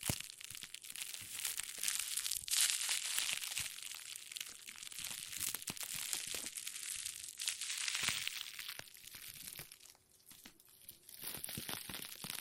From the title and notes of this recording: ASMR Plastic Crinkle No Talking.